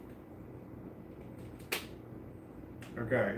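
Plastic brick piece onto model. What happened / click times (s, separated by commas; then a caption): The plastic piece snapped into place / 1.7 s. A plastic Lego brick piece is pressed onto a model despite a hook on it, against a low steady background. A sharp click at 1.7 s marks the piece seating home, and someone talks near the end.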